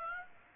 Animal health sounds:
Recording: mosquito wingbeat signal from an infrared sensor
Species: Aedes aegypti

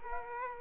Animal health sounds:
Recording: mosquito wingbeat signal from an infrared sensor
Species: Culex quinquefasciatus

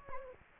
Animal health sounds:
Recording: mosquito wingbeat signal from an infrared sensor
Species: Anopheles gambiae

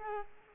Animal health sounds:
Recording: mosquito wingbeat signal from an infrared sensor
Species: Culex quinquefasciatus

